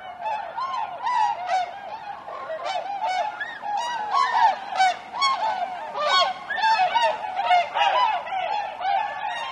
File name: Tundra Swan